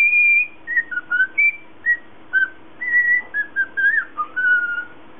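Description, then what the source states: Cockatiel whistling a series of clear tonal notes, some held, some sliding down, with short pauses between phrases and a steady low hum underneath. Lutino colour variety.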